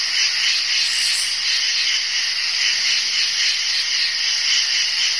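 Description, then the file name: Crickets produce a thick, hissy high-pitched chorus with only slight pulsing, constant for the whole stretch. "bruitage grillons"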